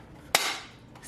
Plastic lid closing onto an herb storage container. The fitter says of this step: hear a little snap, you know that's when it's secured.